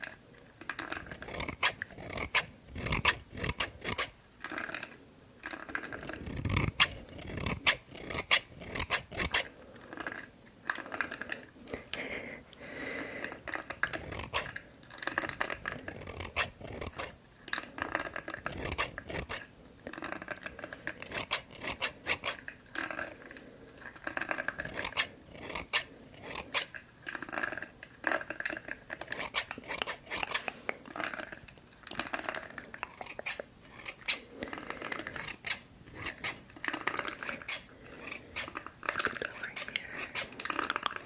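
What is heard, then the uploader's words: A haircut and trim, with quick, irregular snips and scraping strokes running almost without pause for the whole stretch. The cutting comes in dense bursts of crisp, bright clicks, with brief soft gaps between them and occasional low rustling. ASMR Haircut & Eyebrow Trim.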